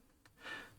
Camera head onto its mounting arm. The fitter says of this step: and goes just like that snaps into place really nicely